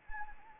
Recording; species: mosquito wingbeat signal from an infrared sensor; Anopheles arabiensis